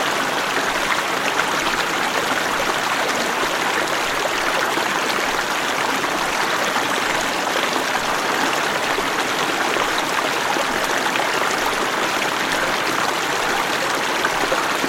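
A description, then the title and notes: A waterfall pours steadily in a rainforest, a dense, unbroken rush that holds the same level for the whole stretch. The sound is mostly bright hiss and splash with little low rumble, and nothing else stands out. The sound of a flowing waterfall in the Hawaiian rainforest.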